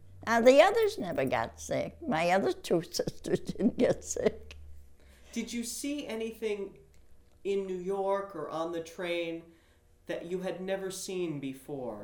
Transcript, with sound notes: Now, the others never got sick. My other two sisters didn't get sick. (Laughs)
Did you see anything in New York or on the train that you had never seen before?